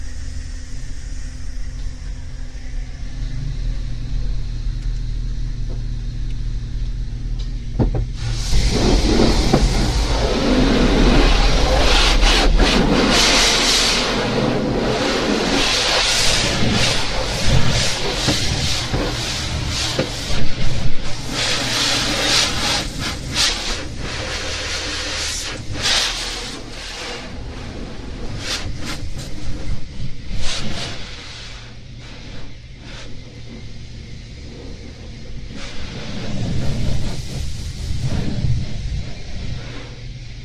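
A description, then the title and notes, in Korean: Recorded from inside a car going through an automatic car wash. A low engine hum runs steadily, then around eight seconds a loud, dense rush of spraying water and scrubbing brushes begins, swelling and pulsing unevenly, easing briefly near thirty-three seconds before surging again. 자동차 자동세차 안에 들어갔을 때. 지잉지잉 기계음.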